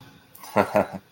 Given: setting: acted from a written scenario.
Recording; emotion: vocal sound without words; romantic love